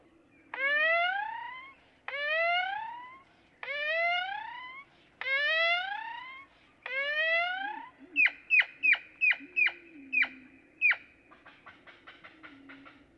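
Great-tailed grackle: five loud rising, buzzy whistles spaced about a second and a half apart, followed by sharp clicking notes and a soft trailing rattle.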